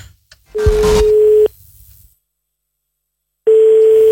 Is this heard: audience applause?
no